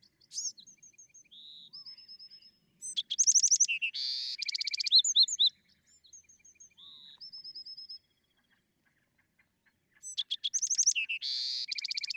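Bewick's wren: songbird with high varied phrases: short whistles and level tones, loud dense buzzy rattles, then softer notes before another buzzy burst.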